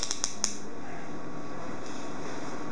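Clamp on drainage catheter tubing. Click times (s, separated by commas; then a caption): 0.4 s. After a liter of fluid has been drained, a clinician closes the clamp on the drainage catheter tubing. A quick series of sharp clicks at 0.0, 0.1 and 0.2 seconds builds to the strongest snap at 0.4 seconds, where the clamp shuts. A steady low hum continues underneath.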